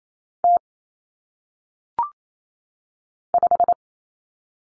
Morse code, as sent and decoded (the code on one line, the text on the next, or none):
- / .....
T 5